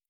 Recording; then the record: hydrophone in a shrimp aquaculture tank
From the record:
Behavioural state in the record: normal